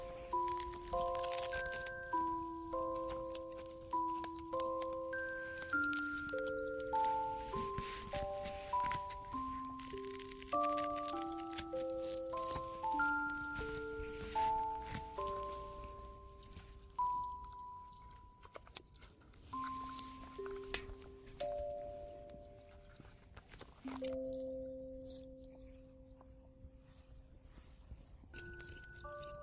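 A music box plays a slow, gentle melody of clear, bell-like notes, often two or three sounding together, in a middle-to-high register. The tune is busier early on and thins out later into longer, sparser held tones, over a steady hiss throughout.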